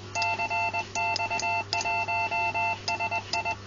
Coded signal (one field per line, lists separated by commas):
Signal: Morse code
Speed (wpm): 20 wpm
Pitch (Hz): 2700 Hz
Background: none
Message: CX1SI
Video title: (LZ 2 FH) 28 MHZ 10 WATT ANT 3 ELEMENTOS